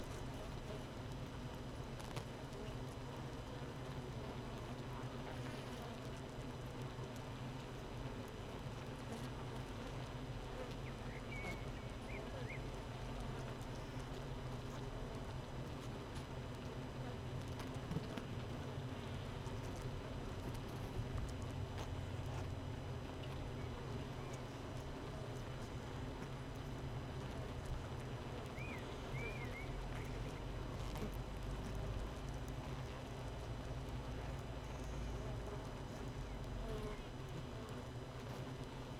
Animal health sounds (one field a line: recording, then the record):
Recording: honeybee colony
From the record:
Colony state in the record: missing queen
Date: 31 May 2018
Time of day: 7:30